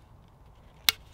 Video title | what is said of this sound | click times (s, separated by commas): Most Unique Bushcraft Axe I've Seen...Agawa ADK26 | click that's now ready to use as a small Forest a that's 26 in | 0.9 s